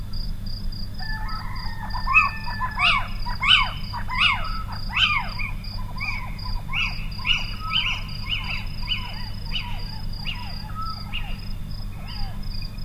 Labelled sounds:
Little Owl call

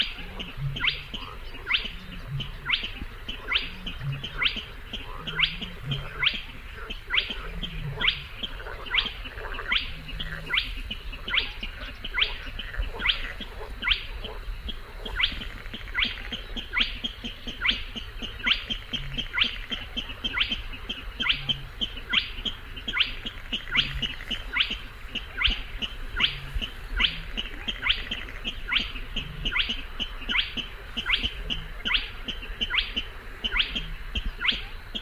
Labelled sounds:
Spotted Crake

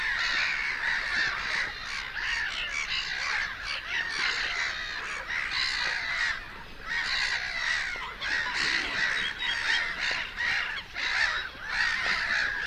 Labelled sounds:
Black-headed Gull call

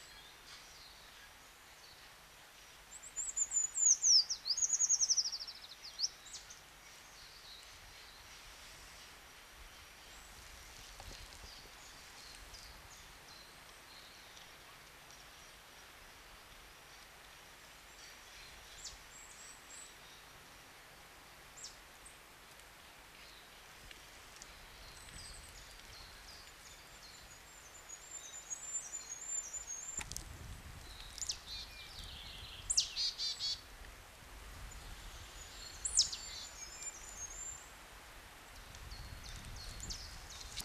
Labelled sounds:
Eurasian Treecreeper song

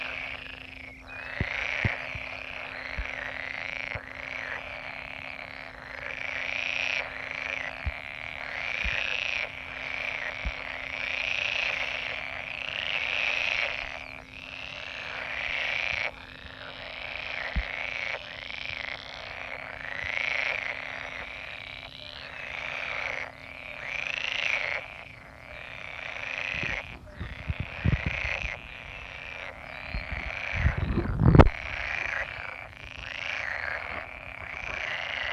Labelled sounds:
Pool Frog call

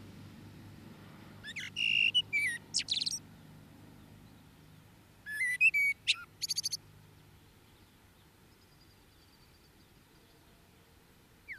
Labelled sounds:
Common Blackbird song

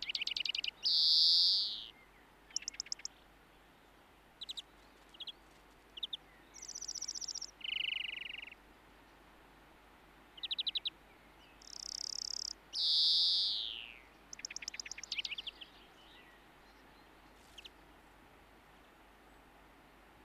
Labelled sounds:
European Greenfinch song

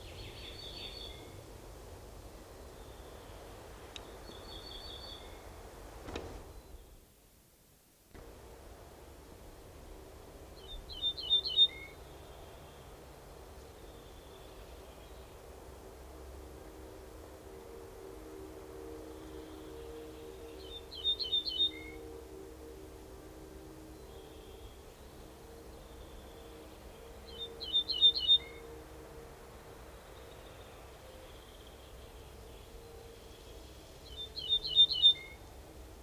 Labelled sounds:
Ortolan Bunting song

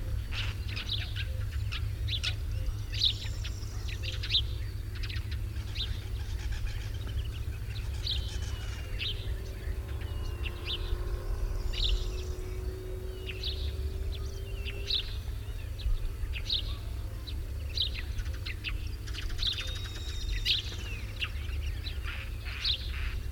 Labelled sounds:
Alpine Swift call

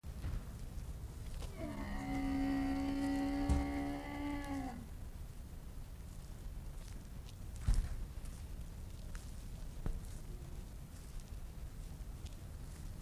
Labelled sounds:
One-humped Camel call

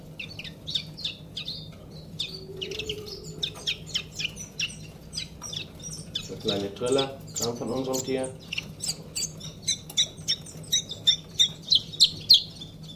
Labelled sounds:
Common Chiffchaff call

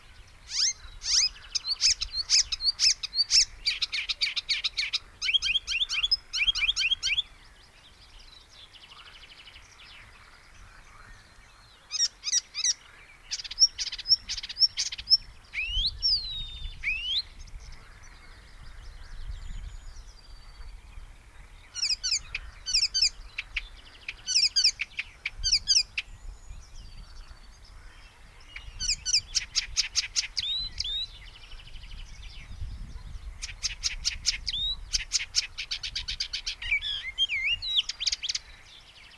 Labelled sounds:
Icterine Warbler song

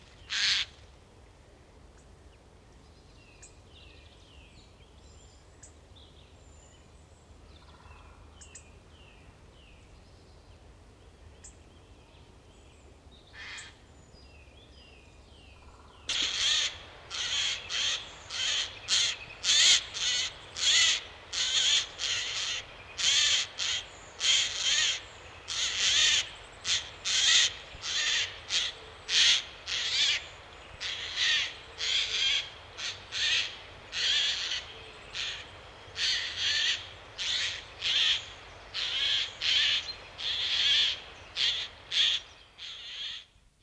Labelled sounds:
Eurasian Jay alarm call

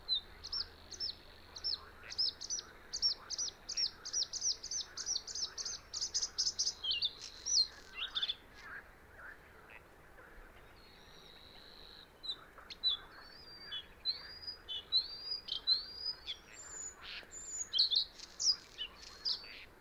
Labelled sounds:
Bluethroat song

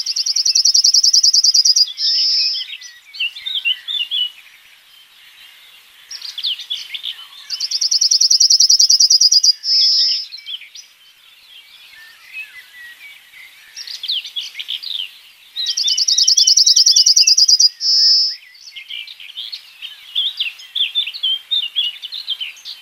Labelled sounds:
Yellowhammer song

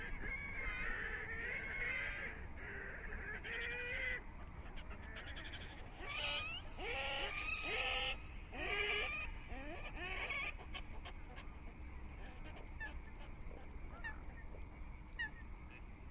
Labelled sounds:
Red-necked Grebe call

